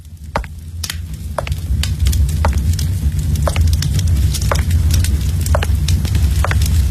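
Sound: crackling fire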